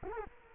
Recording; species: mosquito wingbeat signal from an infrared sensor; Culex quinquefasciatus